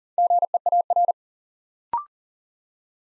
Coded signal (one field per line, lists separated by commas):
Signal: Morse code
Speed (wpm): 38 wpm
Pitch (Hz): 700 Hz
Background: none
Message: GEAR